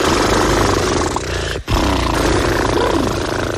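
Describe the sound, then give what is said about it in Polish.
A loud, continuous buzzing flutter of relaxed lips blown through as a mouth warm-up exercise, a raspberry-like trill sustained for several seconds with one short pause for breath midway. “Zaczynamy od rozgrzewki ust, czyli parskamy. Robimy na luźnych ustach.”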